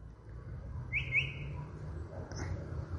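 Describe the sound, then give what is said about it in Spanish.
A chalk-browed mockingbird (calandria, Mimus saturninus) sings a few clear, high whistled phrases, one longer sliding note followed later by a brief, higher chirp, over a steady low rumble of background noise. “Calandria, mimus saturninos. Escúchenla.”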